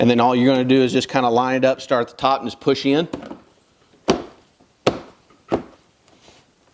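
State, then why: Seated. A plastic trim piece is lined up from the top and pushed back up under the car body while someone talks. A series of sharp knocks follows, with the loudest snap at 4.9 s as its clips seat into the body panel clips and the trim snaps back into place.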